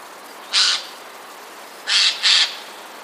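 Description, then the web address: Eurasian jay alarm calls, three harsh, noisy screeches, one single then a quick pair about a second later, over a low hiss. Jay recorded 21 January 2015. "wroblowe ostrzegator sojka"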